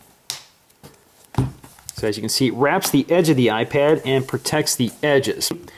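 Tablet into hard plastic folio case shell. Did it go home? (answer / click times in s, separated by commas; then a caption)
yes / 0.3 s. An iPad is pressed into the shiny hard plastic shell of a NutKase iExecutive folio case and snaps into place with a sharp click at 0.3 s, followed by a few smaller taps. The tablet ends up seated in the shell, and then someone talks.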